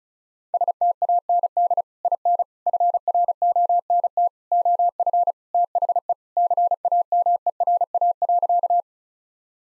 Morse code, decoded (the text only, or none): STAND IN FRONT OF THE CAMERA.